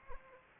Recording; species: mosquito wingbeat signal from an infrared sensor; Anopheles arabiensis